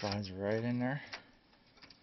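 A hard drive is slid into the drive bay of an IBM ThinkCentre desktop PC while someone talks for the first second. Quieter handling noise follows, with two faint ticks near 1.8 and 1.9 seconds. The drive has not seated or clicked into place yet.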